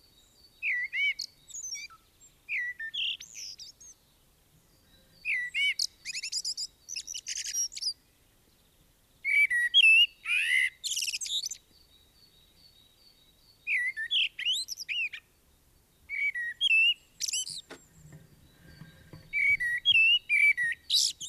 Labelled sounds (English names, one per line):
Common Blackbird song